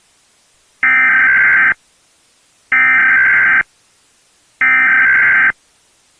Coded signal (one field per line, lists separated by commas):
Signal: Emergency Alert System (SAME) tones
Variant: header bursts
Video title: EAS Scenario | Lights Out - Sequel